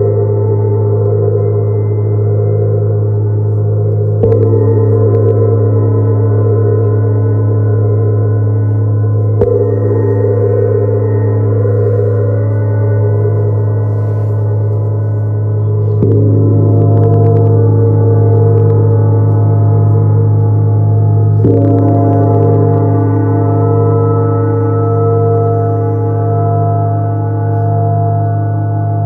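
A gong rings out in long, layered tones, with a deep steady hum underneath and shimmering overtones stacked above. Fresh strikes land at about 4, 9, 16 and 21 seconds, each swelling the wash a little before it settles.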